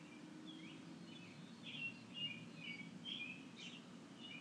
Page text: A very happy Robin on March 31, 2012 — Shannon Dunlop